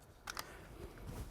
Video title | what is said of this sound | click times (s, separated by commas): Tech Garage - Ep 1711 | I'm going to get it down so far got gel on my connector seat that listen for the click | 0.3 s, 0.4 s